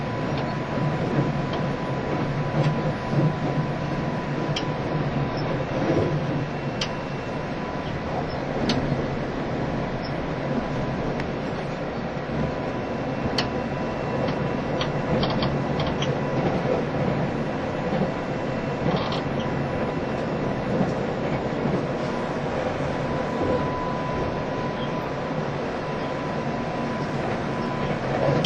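A JR East E351 series train, the former Super Azusa, heard as a steady, dense rumble of running noise that fills the whole clip. A faint held tone sits above the roar, with occasional sharp clicks and rattles scattered throughout.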